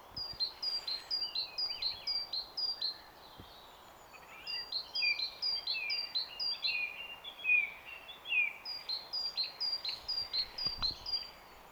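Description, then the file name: Great tit singing long runs of quick, ringing two-note phrases, high then lower, with some lower warbled notes mixed in and a brief break early on. "Parus major"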